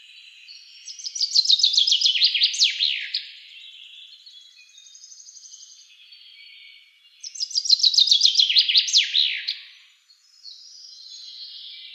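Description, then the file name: Common chaffinch singing two descending, rattling trills with a terminal flourish, roughly six seconds apart, with soft high bird notes in between. "Fringilla coelebs"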